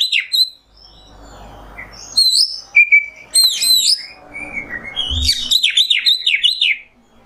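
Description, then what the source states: Oriental magpie-robin singing clear high whistles and sliding notes, separated by soft hissy background, ending in a fast trilled series of up-and-down whistles. Kacer singing in the nembak style; masteran tutor song for training songbirds.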